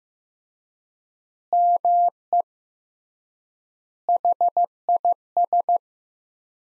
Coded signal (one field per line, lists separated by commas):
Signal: Morse code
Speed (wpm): 15 wpm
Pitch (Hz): 700 Hz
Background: none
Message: ME HIS